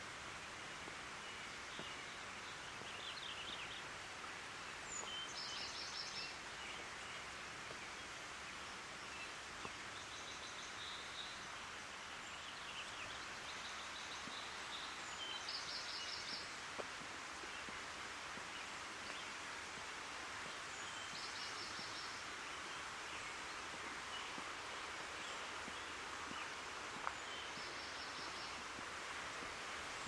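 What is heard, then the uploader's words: Water moves steadily through sandstone, a constant, dense hiss and trickle that holds an even level for the whole thirty seconds. High, brief bird chirps repeat every few seconds above it, and a single sharp tick stands out near the twenty-seven-second mark. Cougar Canyon Creek. At Cougar Canyon in Vancouver, Washington. It features the manifold sounds of water moving through a unique sandstone landscape.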